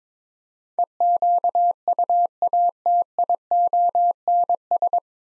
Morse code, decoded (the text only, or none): EQUATIONS